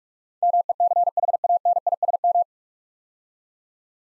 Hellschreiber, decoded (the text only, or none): none